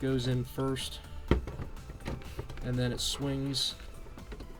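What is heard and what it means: A plastic module is being handled tab-first at a Roomba robot vacuum body, ready to be swung in, while someone talks and a few light plastic knocks sound, the sharpest near 1.3 seconds. Nothing has seated or clicked yet. The robot vacuum was taken apart for cleaning after it hit a dog turd.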